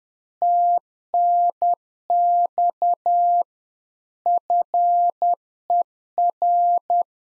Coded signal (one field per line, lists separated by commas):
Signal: Morse code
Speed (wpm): 10 wpm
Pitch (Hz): 700 Hz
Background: none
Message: TNX FER